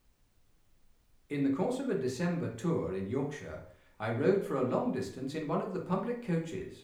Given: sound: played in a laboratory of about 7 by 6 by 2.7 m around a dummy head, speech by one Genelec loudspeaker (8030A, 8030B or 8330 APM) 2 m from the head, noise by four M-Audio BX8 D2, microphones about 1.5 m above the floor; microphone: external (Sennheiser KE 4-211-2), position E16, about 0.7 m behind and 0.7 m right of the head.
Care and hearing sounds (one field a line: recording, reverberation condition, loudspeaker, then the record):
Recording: male speech in English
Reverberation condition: medium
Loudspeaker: 60 degrees to the right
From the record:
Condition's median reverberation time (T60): about 510 ms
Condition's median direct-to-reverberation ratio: about -0.5 dB